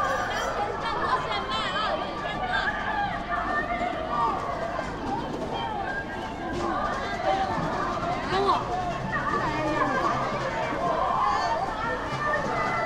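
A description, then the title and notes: A busy night market crowd, with many voices talking over one another in a dense, steady babble. Speech rises out of the mix now and then, over a low outdoor rumble that holds level for the whole stretch. A recording made at Beiyuanmen Night Market, Xi'an, Shaanxi Province, China.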